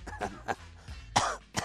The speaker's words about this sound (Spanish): ya estamos con las toses